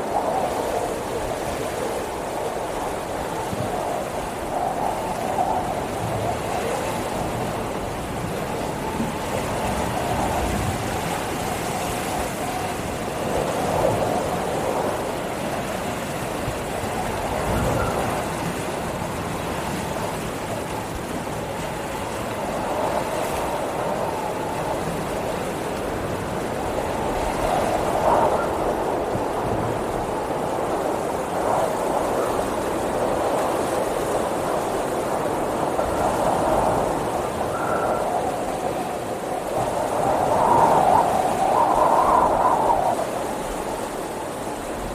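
Wind roars steadily through a storm, a dense, unbroken rush centered in the low and middle range. Gusts swell and fade every few seconds, with a louder push around 28 and 41 seconds, and a faint whistling tone rises near the end.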